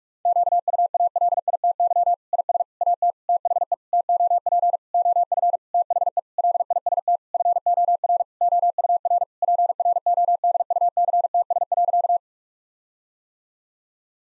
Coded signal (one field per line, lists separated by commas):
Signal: Morse code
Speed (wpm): 41 wpm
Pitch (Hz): 700 Hz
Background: none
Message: QUALITY IS AT THE TOP OF THE LIST FOR OUR PRODUCTS.